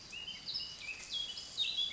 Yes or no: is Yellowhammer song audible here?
no